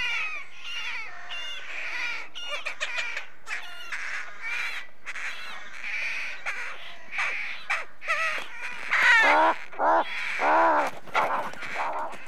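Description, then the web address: Rook colony chorus: dense, continuous overlapping caws and guttural croaks, growing louder with a few strong harsh caws near the end. Rookery with nests; birds at a breeding colony. "BBC Sound Effects Library. Rookery"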